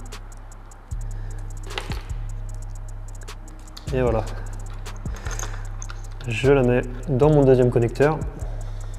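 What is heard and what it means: A crimped terminal pin from the airbag/LIN harness is handled next to a second plastic connector housing during a retrofit of a TT/R8 steering wheel into an Audi S4 B8. Faint ticks and handling noises sit under background music while someone talks. The pin has not yet gone into the housing, and nothing has seated or clicked yet.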